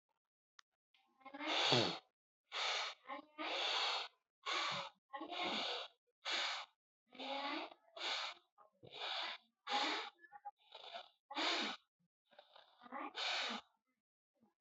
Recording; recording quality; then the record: shallow breathing; moderate, slight background noise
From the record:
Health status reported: healthy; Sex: male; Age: 28 years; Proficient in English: yes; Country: India